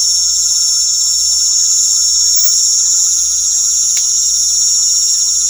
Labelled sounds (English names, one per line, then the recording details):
none
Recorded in pastures near Puerto Asís, Putumayo, Colombia, on 4 March 2025 at 19:30
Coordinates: 0.497, -76.327
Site G072